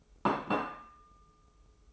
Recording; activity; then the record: daily activity, microphone in the room; place plate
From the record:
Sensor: 1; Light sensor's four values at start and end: 14/48/17/18 and 14/48/17/18